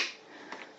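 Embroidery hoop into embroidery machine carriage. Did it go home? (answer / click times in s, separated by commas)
yes / 0.5 s, 0.6 s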